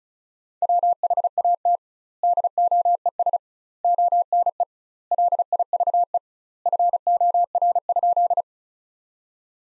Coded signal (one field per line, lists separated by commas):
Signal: Morse code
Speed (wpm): 34 wpm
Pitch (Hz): 700 Hz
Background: none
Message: WHAT DOES ONE LIVE FOR?